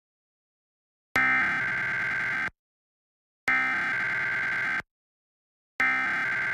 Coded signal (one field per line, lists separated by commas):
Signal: Emergency Alert System (SAME) tones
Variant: header bursts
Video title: [EAS #17] Required Monthly Test (WABC-TV)